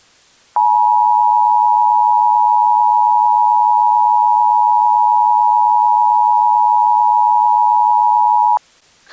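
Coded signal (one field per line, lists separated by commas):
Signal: Emergency Alert System (SAME) tones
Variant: 853 and 960 Hz attention tone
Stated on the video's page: Fictional EAS scenario about a sunless Earth, not a real alert.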